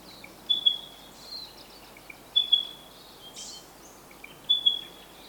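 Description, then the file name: Spotted pardalote giving soft high whistled phrases roughly every two seconds, with faint background hiss. "Pardalotus Punctatus"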